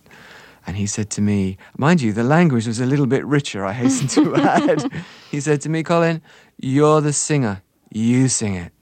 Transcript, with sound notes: And he said to me - mind you, the language is a little bit richer, I hasten to add.
(Laughter).
He said to me, Colin, you're the singer. You sing it.